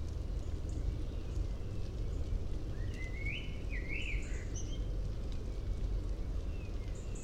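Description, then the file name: Common blackbird producing a single warbled, wavering whistled phrase midway, otherwise mostly steady low background noise. "Turdus merula"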